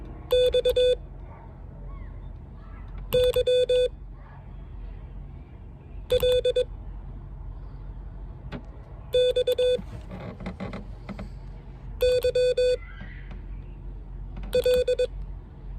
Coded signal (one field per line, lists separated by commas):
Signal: Morse code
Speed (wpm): 21 wpm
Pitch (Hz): 500 Hz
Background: none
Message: X Y L X Y L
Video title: Morse code lesson #5